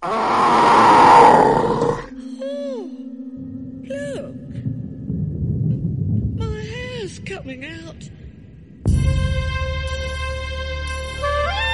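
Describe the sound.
A person imitates a bear's roar with a loud, rough, growling burst lasting about two seconds, followed by quieter sliding vocal whoops and a steady buzzing tone.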